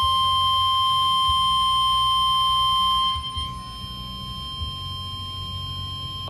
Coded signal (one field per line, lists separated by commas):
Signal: Emergency Alert System (SAME) tones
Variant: 1050 Hz attention tone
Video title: Severe Thunderstorm Warning - EAS #339